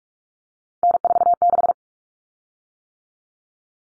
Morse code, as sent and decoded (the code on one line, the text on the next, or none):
-. ....- -....
N46